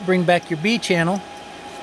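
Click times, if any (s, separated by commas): none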